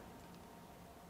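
A new metal blade is being handled at the spring-loaded keyless blade clamp of a FLEX FX2271 24V brushless cordless reciprocating saw, about to be pushed in. Only a steady, even background noise with faint handling is heard, and there are no sudden sounds. Nothing has seated or clicked yet.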